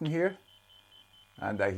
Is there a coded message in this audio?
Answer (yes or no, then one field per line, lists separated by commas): no